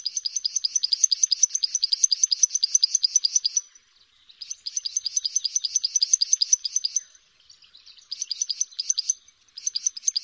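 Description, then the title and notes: Prinia song: fast, high ticking notes repeated in bursts of a few seconds, separated by short pauses. Complete prenjak song, including the ngerol song style. "Suara Kicau Burung Prenjak Lengkap dan Ngerol"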